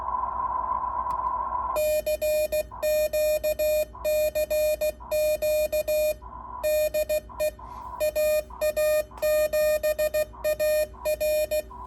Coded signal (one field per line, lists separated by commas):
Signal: Morse code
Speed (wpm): 16 wpm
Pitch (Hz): 610 Hz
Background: none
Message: CQ CQ DE AA7AR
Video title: Hammertone Sierra ￼- Let’s Try The KC-1 and call CQ on 40M!